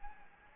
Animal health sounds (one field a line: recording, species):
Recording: mosquito wingbeat signal from an infrared sensor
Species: Anopheles gambiae